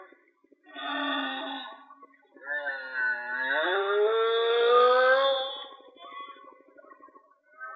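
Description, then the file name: Whale song: a brief harmonic tone, then a long upward-sliding wail with many overtones that levels off and fades, with a faint pulsing buzz underneath. "Whale Song-colin"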